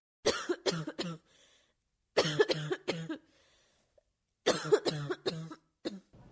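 Three rapid runs of short, sharp coughs from a child, about three to five in each run, with brief quiet gaps between them. The coughs sound dry and hacking with no wet rattle, a non-productive cough.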